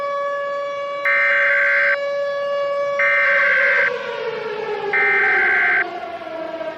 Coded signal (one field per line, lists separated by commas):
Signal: Emergency Alert System (SAME) tones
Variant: header bursts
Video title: EAS Scenario: Autumn's Ambush